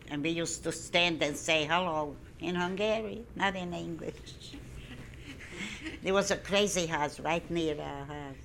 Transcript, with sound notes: And we used to stand and say "hello", in Hungarian, not in English. (They are laughing.) It was a crazy house right near our house.